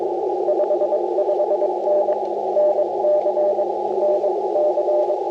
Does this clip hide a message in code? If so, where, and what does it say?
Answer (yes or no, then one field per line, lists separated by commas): yes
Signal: Morse code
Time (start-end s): 0.5-5.1 s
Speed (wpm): 21 wpm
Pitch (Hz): 600 Hz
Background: radio noise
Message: 55N NC NC